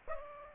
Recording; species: mosquito wingbeat signal from an infrared sensor; Aedes aegypti